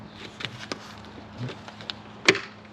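A plastic body panel is refitted to a 2025 Grom motorcycle frame, top edge first, then pushed in by hand until its clips engage. Sharp plastic clicks sound at 0.5, 0.7, 1.9 and 2.3 seconds, the last the loudest, over a low steady hum and faint rustling. The panel clips snap home and the panel is seated.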